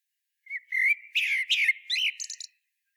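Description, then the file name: Common blackbird song: a fluted, mellow whistled phrase of several warbling notes, ending in a thin, high squeaky twitter. "Turdus merula"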